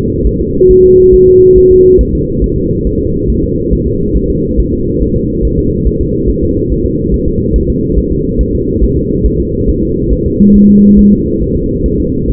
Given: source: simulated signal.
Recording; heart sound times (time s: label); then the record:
fetal heart sounds
0.27 s: S1
0.41 s: S2
0.71 s: S1
0.85 s: S2
1.14 s: S1
1.28 s: S2
1.58 s: S1
1.72 s: S2
2.01 s: S1
2.15 s: S2
2.44 s: S1
2.58 s: S2
2.87 s: S1
3.01 s: S2
3.30 s: S1
3.44 s: S2
3.73 s: S1
3.87 s: S2
4.17 s: S1
4.30 s: S2
4.60 s: S1
4.73 s: S2
5.02 s: S1
5.16 s: S2
5.45 s: S1
5.59 s: S2
5.87 s: S1
6.01 s: S2
6.30 s: S1
6.43 s: S2
6.72 s: S1
6.86 s: S2
7.14 s: S1
7.28 s: S2
7.56 s: S1
7.70 s: S2
7.98 s: S1
8.12 s: S2
8.41 s: S1
8.55 s: S2
8.84 s: S1
8.97 s: S2
9.26 s: S1
9.40 s: S2
9.69 s: S1
9.83 s: S2
10.13 s: S1
10.26 s: S2
10.56 s: S1
10.70 s: S2
10.99 s: S1
11.13 s: S2
11.43 s: S1
11.56 s: S2
11.86 s: S1
12.00 s: S2
12.30 s: S1
From the record:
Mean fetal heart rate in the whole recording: 140 bpm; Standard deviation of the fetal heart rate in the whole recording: 2 bpm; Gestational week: 34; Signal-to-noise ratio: -10.2 dB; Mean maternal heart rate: 72 bpm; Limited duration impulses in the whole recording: present